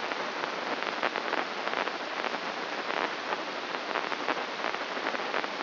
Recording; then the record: brain microelectrode recording played as sound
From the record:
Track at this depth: inside the subthalamic nucleus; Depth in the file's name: 4.63 mm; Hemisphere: left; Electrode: 3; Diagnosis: Parkinson's disease